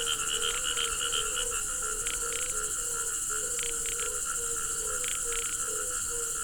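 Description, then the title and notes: Frog chorus of brief repeated low notes, roughly three per second, with occasional bursts of higher rasping calls over continuous chirring insects. Frogs calling together with crickets at a pond on the Hajnice stream near Ústí, Czechia. "Ústí, Czechia - žáby a cvrčci Hajnice. žáby a cvrčci u hodní tůně na potoce Hajnice"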